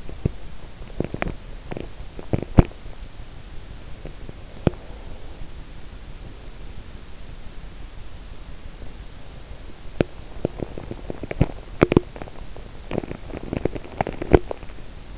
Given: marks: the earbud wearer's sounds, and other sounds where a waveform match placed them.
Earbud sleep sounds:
sounds in sleep by an in-ear microphone; teeth grinding
0.00-3.03 s: teeth grinding
9.69-15.18 s: teeth grinding

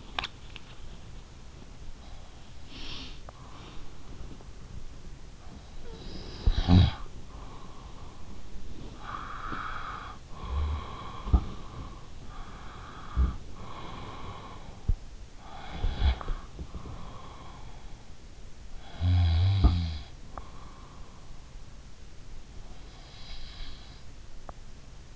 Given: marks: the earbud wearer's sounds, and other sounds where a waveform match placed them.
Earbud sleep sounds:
sounds in sleep by an in-ear microphone; swallowing, breath, snoring breath
0.00-0.65 s: swallowing
0.65-5.54 s: breath
5.54-8.78 s: snoring breath
8.78-18.35 s: breath
18.35-22.10 s: snoring breath
22.16-25.16 s: breath

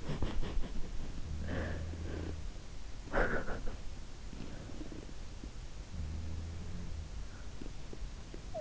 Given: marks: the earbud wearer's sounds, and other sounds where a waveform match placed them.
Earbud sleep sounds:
sounds in sleep by an in-ear microphone; talking in sleep
0.03-1.15 s: talking in sleep
1.46-2.71 s: sound from someone else or the room
3.12-3.85 s: talking in sleep
5.95-7.26 s: sound from someone else or the room

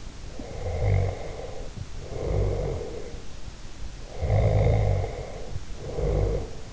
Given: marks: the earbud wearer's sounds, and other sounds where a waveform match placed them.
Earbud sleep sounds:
sounds in sleep by an in-ear microphone; snoring breath
0.37-3.16 s: snoring breath
4.01-6.73 s: snoring breath

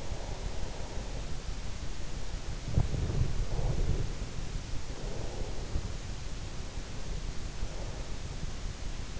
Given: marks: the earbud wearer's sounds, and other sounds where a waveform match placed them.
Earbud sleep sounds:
sounds in sleep by an in-ear microphone; breath
0.00-1.68 s: breath
2.53-4.26 s: breath
4.78-5.88 s: breath
6.49-8.77 s: breath

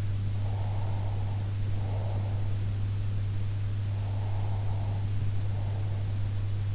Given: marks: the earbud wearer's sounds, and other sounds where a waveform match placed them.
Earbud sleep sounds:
sounds in sleep by an in-ear microphone; breath
0.33-2.67 s: breath
3.81-6.30 s: breath

